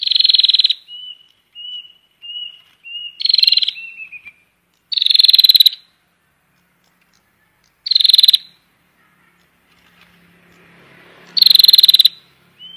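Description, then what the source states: Prinia repeating brief buzzy rattling bursts mixed with short, thin whistles, with long gaps between some bursts. Prinia call used to lure birds.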